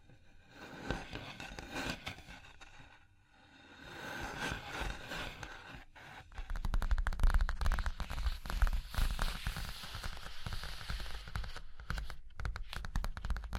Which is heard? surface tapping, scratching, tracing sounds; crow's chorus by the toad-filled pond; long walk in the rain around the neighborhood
surface tapping, scratching, tracing sounds